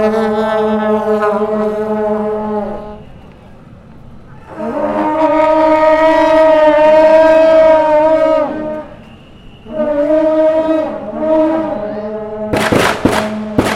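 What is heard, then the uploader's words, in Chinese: The Qingshan Temple festival for Lingan Zunwang in Wanhua, Taipei: long, blaring horn-like tones with a wavering pitch sound in three stretches, the middle one loudest and longest. Over the last second or so, sharp cracks burst out, like firecrackers, over a low rumble. 2019艋舺大拜拜_青山宮靈安尊王祭典。台北市萬華區青山宮靈安尊王祭典。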